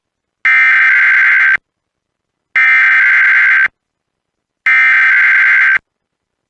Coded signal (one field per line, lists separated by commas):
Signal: Emergency Alert System (SAME) tones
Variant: header bursts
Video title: EAS Alerts From The Week Of 12/9/2020 (EAS#65-80)